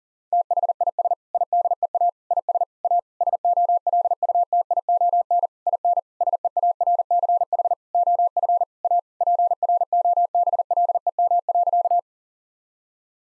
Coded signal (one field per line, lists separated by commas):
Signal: Morse code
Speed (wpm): 37 wpm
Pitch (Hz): 700 Hz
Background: none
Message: THIS IDEA IS A SOLUTION IN SEARCH OF A PROBLEM.